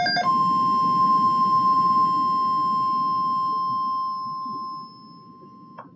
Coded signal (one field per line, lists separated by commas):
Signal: Emergency Alert System (SAME) tones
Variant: 1050 Hz attention tone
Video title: ALERTS IN PROSPECT PA (EAS ALERTS 2220-2251 FROM 8/13/21)